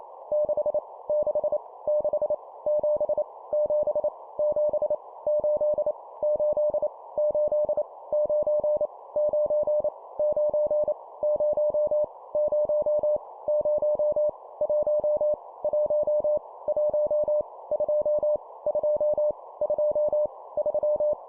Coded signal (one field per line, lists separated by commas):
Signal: Morse code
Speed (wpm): 28 wpm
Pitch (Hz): 600 Hz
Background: none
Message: 6 6 6 7 7 7 8 8 8 9 9 9 0 0 0 1 1 1 2 2 2 3